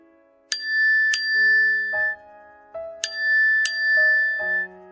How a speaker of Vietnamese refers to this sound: Đây không phải là chương tin nhắn của mình. Vì khoảng thời gian bên nhau trước khi cưới quá ngắn, cô chưa từng kiểm soát anh đến một lần, nên khi nghe tiếng chuông tin nhắn, sự tò mò khiến cô muốn mở điện thoại ra.